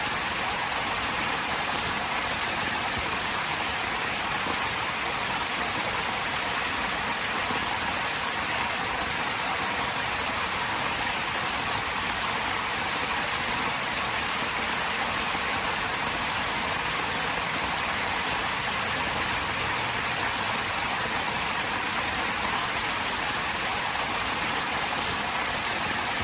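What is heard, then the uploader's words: Rain falls steadily through trees, a dense, even hiss that holds the same level for the whole stretch with no pauses. A soft low rumble sits underneath, and a couple of faint ticks stand out near the start and end. Rain In The Trees.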